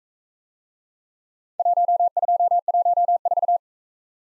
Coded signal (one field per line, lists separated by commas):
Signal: Morse code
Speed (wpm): 40 wpm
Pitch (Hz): 700 Hz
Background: none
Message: 1214